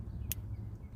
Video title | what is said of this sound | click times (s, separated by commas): Step By Step Quick Release Install On The Lancer | I believe you'll hear a click | 0.3 s